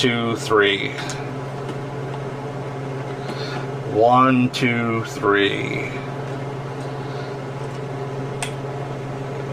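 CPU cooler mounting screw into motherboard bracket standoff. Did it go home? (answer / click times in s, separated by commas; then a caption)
yes / 8.4 s. While a CPU cooler is fastened with a counted sequence of turns, a metal mounting screw is pushed down into the standoff of the motherboard bracket over a steady background hum as someone talks. A short, sharp click at 8.4 s marks the screw catching the standoff's thread, and the screw is seated.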